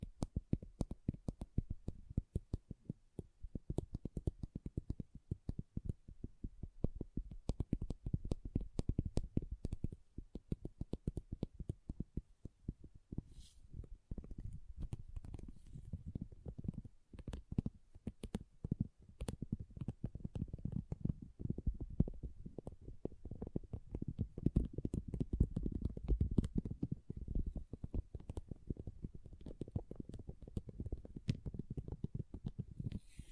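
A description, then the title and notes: Small plastic pixel art beads clatter and tick in a dense, irregular stream of tiny clicks that runs the whole time. The sound stays mostly low and soft, with occasional sharper, brighter taps, and grows fuller and busier in the second half. ASMR Relaxing Pixel Art Beads ( No Talking).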